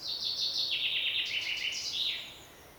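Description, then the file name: Common chaffinch song: a bright, rapid series of high notes falling in steps through descending trills, ending in a brief flourish, over faint background hiss. "Fringilla coelebs"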